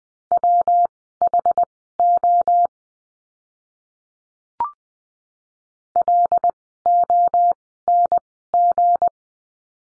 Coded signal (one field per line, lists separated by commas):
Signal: Morse code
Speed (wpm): 20 wpm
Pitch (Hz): 700 Hz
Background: none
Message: WHO LONG